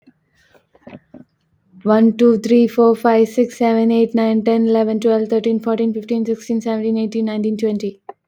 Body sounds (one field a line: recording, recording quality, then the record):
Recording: counting at a fast pace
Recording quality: excellent, no background noise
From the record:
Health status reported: recovered from COVID-19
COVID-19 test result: positive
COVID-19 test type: RT-PCR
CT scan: not taken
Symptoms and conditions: cough, cold, sore throat, fatigue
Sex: female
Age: 26 years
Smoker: no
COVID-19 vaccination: both doses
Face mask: worn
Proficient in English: yes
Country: India